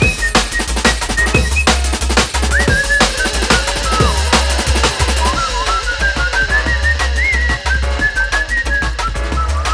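Bright, looping whistle tones rise and dip repeatedly in a high pitch over a loud, steady backdrop of booming bass and rapid percussive hits, with no speech.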